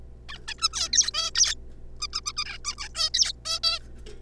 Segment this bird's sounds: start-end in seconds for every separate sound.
0.29-0.38, 0.48-0.54, 0.58-0.68, 0.73-0.89, 0.93-1.11, 1.14-1.30, 1.35-1.55, 2.00-2.07, 2.13-2.21, 2.26-2.32, 2.37-2.44, 2.45-2.58, 2.65-2.75, 2.78-2.88, 2.95-3.12, 3.14-3.33, 3.45-3.59, 3.63-3.79